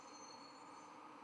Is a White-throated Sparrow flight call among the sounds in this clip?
no